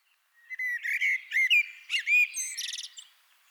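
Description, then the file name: Eurasian blackbird song: low fluted whistled notes, then a high squeaky twittering flourish at the end. "Turdus merula"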